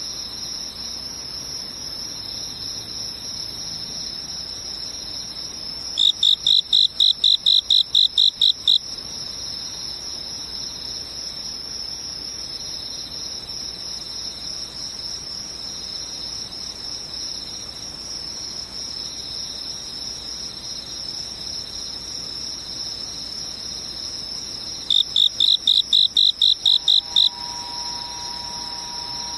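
Insects trill steadily in high, thin tones throughout, with two loud, rapid pulsing bursts from a nearer insect around six and twenty-five seconds.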